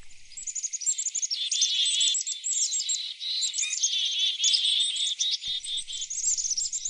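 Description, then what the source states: Black-capped Chickadees calling in a dense, overlapping chorus of rapid high notes, sustained almost without pause. A wild flock mobbing a predator, a pygmy owl, in the Rattlesnake Wilderness, Montana, recorded a few years ago.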